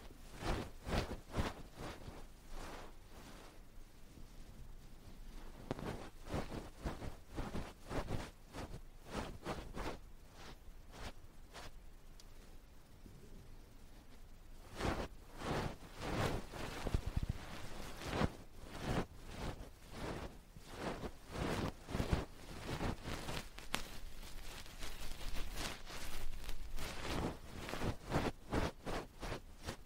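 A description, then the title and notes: Ear cleaning and massage sounds: dense, irregular rubbing and crackling bursts running throughout, quieter around the middle and busier in the second half. Ear cleaning, ear massage.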